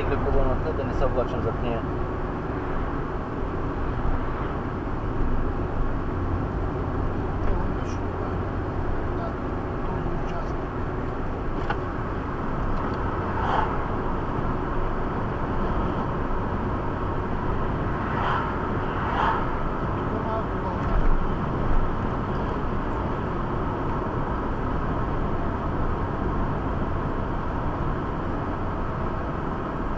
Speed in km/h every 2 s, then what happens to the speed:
70, 71, 71, 69, 69, 70, 70, 71, 71, 71, 70, 70, 70, 67, 65.
0-30 steady at about 70.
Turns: none.